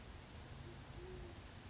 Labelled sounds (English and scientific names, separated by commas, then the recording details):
Band-tailed Pigeon (Patagioenas fasciata)
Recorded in Sonoma County, California